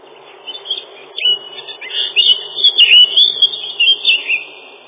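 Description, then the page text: Lesser whitethroat singing a rapid, scratchy warble of high twittering notes that grows busier and louder through the second half. Song described as a set of twitterings, including a loud 'kle-kle-kle', ending in a dry, fast trill 'tiktiktiktik'. "Славка-завирушка, или славка-мельничек — Sylvia curruca"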